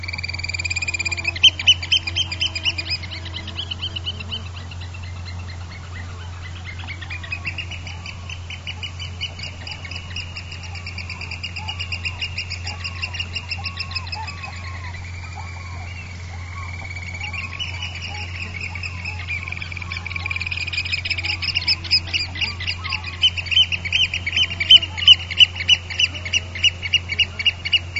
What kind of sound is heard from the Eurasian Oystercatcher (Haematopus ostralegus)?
flight call